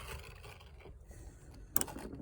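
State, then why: Seated. A plastic roof skylight in the roof of a 2021 Buccaneer Cruiser caravan is pushed upward, with low scraping and rumbling as it rises. At 1.8 s its stay mechanism gives a sharp double click as it seats into the first open position and holds.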